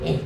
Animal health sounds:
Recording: contact call of a hoofed animal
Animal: pig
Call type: closed-mouth grunt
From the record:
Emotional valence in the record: positive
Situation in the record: food and toys in familiar pen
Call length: 0.27 s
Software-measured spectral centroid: 1700 Hz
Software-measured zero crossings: 900 a second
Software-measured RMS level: -24 dBFS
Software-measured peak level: -11 dBFS

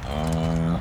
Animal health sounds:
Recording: contact call of a hoofed animal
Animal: cattle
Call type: low-frequency (closed-mouth) or high-frequency (open-mouth) call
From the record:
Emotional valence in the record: negative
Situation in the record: full separation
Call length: 0.82 s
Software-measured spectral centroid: 2130 Hz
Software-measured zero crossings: 970 a second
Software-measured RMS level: -24 dBFS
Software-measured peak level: -13 dBFS

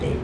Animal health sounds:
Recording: contact call of a hoofed animal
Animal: pig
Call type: closed-mouth grunt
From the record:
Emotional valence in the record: positive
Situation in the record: food and toys in familiar pen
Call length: 0.24 s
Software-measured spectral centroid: 1440 Hz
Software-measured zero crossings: 920 a second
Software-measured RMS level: -25 dBFS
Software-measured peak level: -14 dBFS

